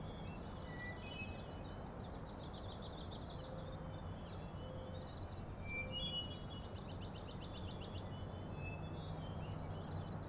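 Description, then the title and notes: Common nighthawk rattling calls: several overlapping, uneven pulsed trills and short buzzy notes over a steady low rumble. Rattles from three birds, later perhaps one, flying very close together in formation, passing near the recordist; 4am, 16 June 2017, Schoodic Head overlook, Acadia National Park, Winter Harbor, Maine. "Common Nighthawks, Schoodic Head 061617 4am. 3 common nighthawks making peenting calls and wings booms but also a rattling noise at the Overlook (410 ft) on Schoodic Head (435 feet) Schoodic division Acadia National Park Winter Harbor, ME"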